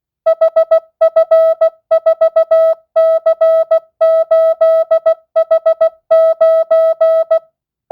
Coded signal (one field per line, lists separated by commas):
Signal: Morse code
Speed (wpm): 16 wpm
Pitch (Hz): 650 Hz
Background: music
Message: HF4C8H9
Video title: Receive Morse Code 10th Grade.